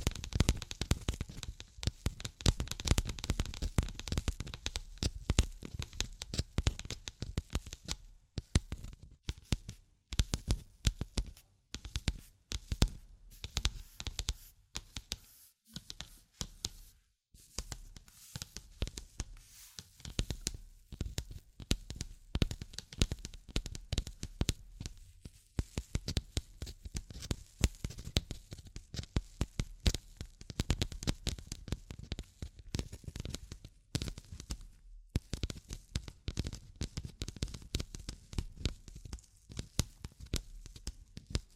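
Tapping and scratching run through the whole 42 seconds as a dense, irregular stream of sharp little hits and rough scrapes. The sound is crackly and full from low to bright, with brief gaps of quiet around 15, 17 and 35 seconds.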